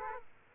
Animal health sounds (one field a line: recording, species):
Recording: mosquito wingbeat signal from an infrared sensor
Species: Aedes aegypti